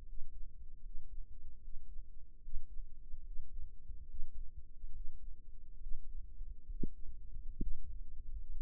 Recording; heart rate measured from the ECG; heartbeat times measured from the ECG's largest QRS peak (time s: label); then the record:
heart sounds by microphone in the right ear; 71 bpm
0.04 s: heartbeat
0.81 s: heartbeat
1.60 s: heartbeat
2.40 s: heartbeat
3.23 s: heartbeat
4.06 s: heartbeat
4.92 s: heartbeat
5.79 s: heartbeat
6.67 s: heartbeat
7.58 s: heartbeat
8.48 s: heartbeat
From the record:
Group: healthy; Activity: breath hold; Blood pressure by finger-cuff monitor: 114/63 mmHg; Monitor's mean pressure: 74 mmHg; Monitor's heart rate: 73 bpm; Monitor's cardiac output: 6.2 L/min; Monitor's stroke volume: 85 mL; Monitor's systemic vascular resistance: 830 dyn s/cm5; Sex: male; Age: 22 years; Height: 181 cm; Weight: 79 kg